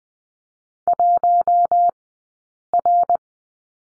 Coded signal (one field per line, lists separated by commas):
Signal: Morse code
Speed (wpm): 20 wpm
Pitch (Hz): 700 Hz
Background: none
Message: 1R